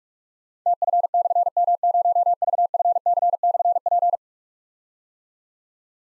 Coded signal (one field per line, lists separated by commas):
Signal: Morse code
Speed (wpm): 44 wpm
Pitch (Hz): 700 Hz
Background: none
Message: TF/M0VFC/P